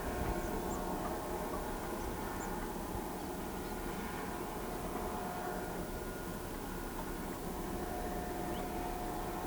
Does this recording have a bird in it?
no